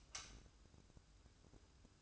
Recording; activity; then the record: daily activity, microphone in the room; light off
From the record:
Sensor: 2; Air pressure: 1007.7 hPa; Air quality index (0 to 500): 92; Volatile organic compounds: 1 ppm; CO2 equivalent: 701 ppm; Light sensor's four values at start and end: 7/17/7/7 and 7/17/7/7